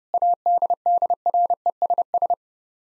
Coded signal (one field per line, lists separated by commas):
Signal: Morse code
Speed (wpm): 30 wpm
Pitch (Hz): 700 Hz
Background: none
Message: ADDRESS